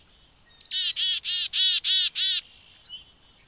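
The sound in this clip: Black-capped chickadee calling once: a sharp high opening note, then a rapid run of about five harsh, buzzy dee notes, followed by faint thin chips.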